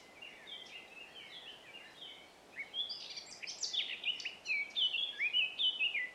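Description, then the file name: Eurasian blackcap song: soft scratchy twittering first, then a loud burst of clear fluting whistles with looping, up-and-down notes near the end. "Sylvia atricapilla"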